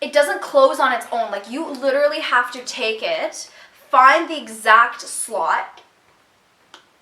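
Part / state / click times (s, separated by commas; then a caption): handbag flap closure onto its metal clasp / seated / 6.7 s. Someone talks for about six seconds while guiding the flap of a Coach Riley Top Handle 18 handbag in Peacock into the exact slot of its metal clasp, which doesn't close on its own. After a short silence, a brief sharp click at 6.7 s marks the flap pressed shut and seated in the clasp.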